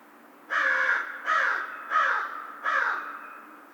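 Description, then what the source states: American crow uttering four long, harsh caws spaced roughly every seven-tenths of a second. Recorded 2 March 2010.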